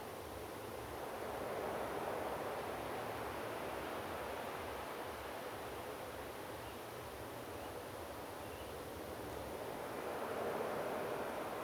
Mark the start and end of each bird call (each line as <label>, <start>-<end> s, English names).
Common Ringed Plover, 6.66-6.72 s
Common Ringed Plover, 7.58-7.67 s
Common Ringed Plover, 8.51-8.63 s